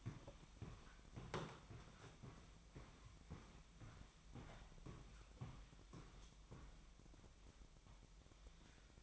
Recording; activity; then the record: daily activity, microphone in the room; walk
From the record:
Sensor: 1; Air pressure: 1001.6 hPa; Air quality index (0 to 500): 221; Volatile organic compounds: 30 ppm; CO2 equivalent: 2949 ppm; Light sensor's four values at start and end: 8/28/10/11 and 8/30/10/12